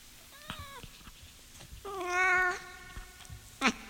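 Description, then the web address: Cat meowing: a short falling meow, then a louder, longer drawn-out meow, with a few clicks and a sharp tap at the end. A cat named Sunshine. "sunshine the cat sunshine the cat-sounds of the cat"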